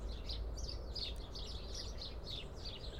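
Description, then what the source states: House sparrows chirping busily, about three short notes a second in an irregular rhythm, over a low background rumble. Heard in a garden.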